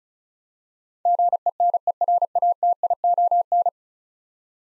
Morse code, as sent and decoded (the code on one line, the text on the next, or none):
--. . -. . .-. .- - .. --- -.
GENERATION